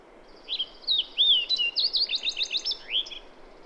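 Bird song with slurred high whistles and chirps, followed by a fast series of evenly repeated bright notes and a final upward note.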